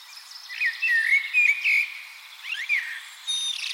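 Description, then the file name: Common blackbird song: a rich, warbling fluty phrase followed by a brief slurred note and a thin high squeak. "Turdus merula"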